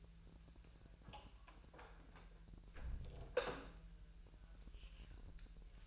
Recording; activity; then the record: daily activity, microphone in the room; close door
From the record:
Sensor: 2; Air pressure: 1001.2 hPa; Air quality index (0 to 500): 248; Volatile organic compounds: 86 ppm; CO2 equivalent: 3658 ppm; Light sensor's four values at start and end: 10/24/10/10 and 10/24/10/10